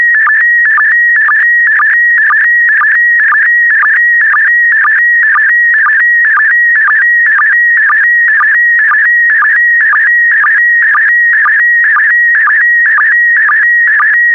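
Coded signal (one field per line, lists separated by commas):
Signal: SSTV (slow-scan television)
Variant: PD120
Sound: steady warbling tone around 2 kHz with short low sync blips about twice a second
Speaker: complete. You can now check your decoded image against the picture that is shown on the video.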